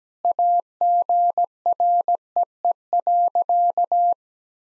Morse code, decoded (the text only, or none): AGREE.